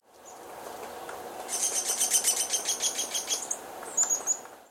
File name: Picoides pubescens - Downy Woodpecker